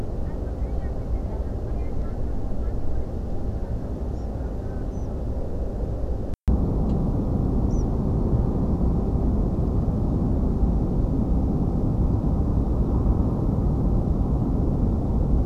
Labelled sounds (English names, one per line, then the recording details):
European Pied Flycatcher
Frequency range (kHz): European Pied Flycatcher 4.5-8.1 kHz
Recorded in France